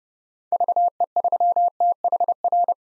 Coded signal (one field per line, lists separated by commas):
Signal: Morse code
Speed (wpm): 32 wpm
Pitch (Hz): 700 Hz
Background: none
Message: VE3THR